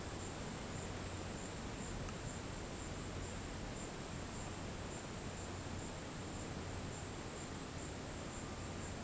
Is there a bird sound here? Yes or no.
no